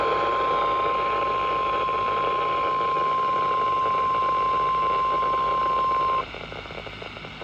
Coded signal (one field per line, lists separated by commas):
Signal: Emergency Alert System (SAME) tones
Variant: 1050 Hz attention tone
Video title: A weekly test and a severe thunderstorm storm watch ￼eas alerts from 6/2￼￼8/23 eas 599-603